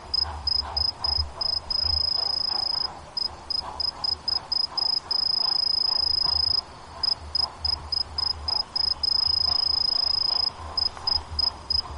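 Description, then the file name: Golden lark cricket song, a high ringing note that alternates between rapid short pulses and sustained trills lasting a second or two. "kinhibarinakigoe"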